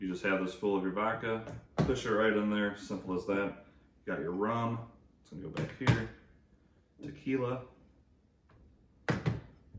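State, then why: Seated. Someone talks while a filled tequila bottle is pushed into its rear slot on a Bartesian Premium Cocktail and Margarita Machine for the home bar. A sharp thunk at 9.1 s marks the bottle seating, and it pops right in.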